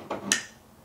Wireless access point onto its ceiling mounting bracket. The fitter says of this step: you'll hear it lock